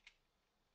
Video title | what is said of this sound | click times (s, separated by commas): TGL Danny Presents - Unboxing Video of Transformers G1 Hot Rod Walmart Exclusive Reissue | then, looks like his chest piece snaps into that part right there. So to speak, kind of snaps, not really. | 0.1 s